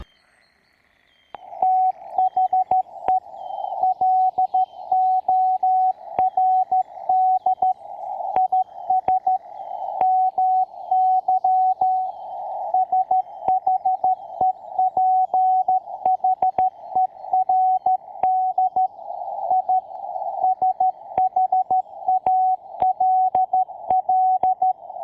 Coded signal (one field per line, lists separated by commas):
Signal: Morse code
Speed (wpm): 13 wpm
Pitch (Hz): 750 Hz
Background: radio noise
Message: THE LORD IS MY SHEPHERD I SHALL